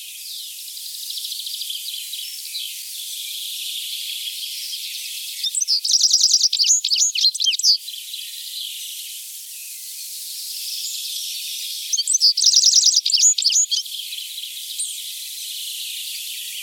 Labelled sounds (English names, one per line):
Citril Finch song